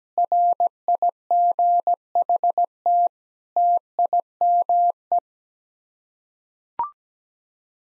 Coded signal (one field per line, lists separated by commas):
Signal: Morse code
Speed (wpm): 17 wpm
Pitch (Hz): 700 Hz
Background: none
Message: RIGHT TIME